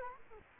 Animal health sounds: mosquito wingbeat signal from an infrared sensor; Culex quinquefasciatus

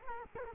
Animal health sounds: mosquito wingbeat signal from an infrared sensor; Culex quinquefasciatus

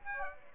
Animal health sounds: mosquito wingbeat signal from an infrared sensor; Aedes aegypti

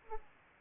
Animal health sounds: mosquito wingbeat signal from an infrared sensor; Aedes aegypti

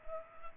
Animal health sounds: mosquito wingbeat signal from an infrared sensor; Culex pipiens

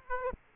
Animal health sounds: mosquito wingbeat signal from an infrared sensor; Aedes aegypti

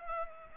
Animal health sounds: mosquito wingbeat signal from an infrared sensor; Culex pipiens

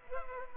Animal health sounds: mosquito wingbeat signal from an infrared sensor; Culex pipiens

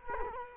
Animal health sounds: mosquito wingbeat signal from an infrared sensor; Culex quinquefasciatus

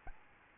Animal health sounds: mosquito wingbeat signal from an infrared sensor; Aedes albopictus

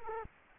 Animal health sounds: mosquito wingbeat signal from an infrared sensor; Culex quinquefasciatus

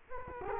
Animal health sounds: mosquito wingbeat signal from an infrared sensor; Culex quinquefasciatus

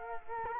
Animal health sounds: mosquito wingbeat signal from an infrared sensor; Culex quinquefasciatus

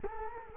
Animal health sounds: mosquito wingbeat signal from an infrared sensor; Culex quinquefasciatus

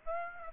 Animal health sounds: mosquito wingbeat signal from an infrared sensor; Aedes aegypti

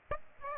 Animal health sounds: mosquito wingbeat signal from an infrared sensor; Aedes aegypti

